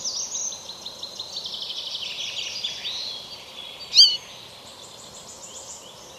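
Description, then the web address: Flycatcher giving a thin, high, rapid twittering series that slowly falls, followed by one sharp loud chip and fainter trilled notes. "flycatcher flycatcher bird call"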